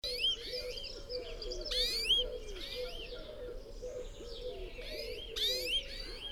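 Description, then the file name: European greenfinch song, rapid trills and sharp sweeping notes, over another bird's steady low calling. "Chloris chloris"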